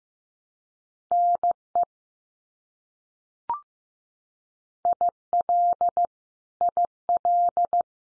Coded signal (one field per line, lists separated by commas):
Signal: Morse code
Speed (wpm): 14 wpm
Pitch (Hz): 700 Hz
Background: none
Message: NE IL IL